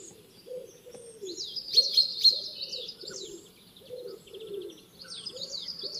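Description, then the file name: Common chaffinch: high, rapid trilled phrases over steady, low, soft cooing from a dove throughout. "Fringilla coelebs"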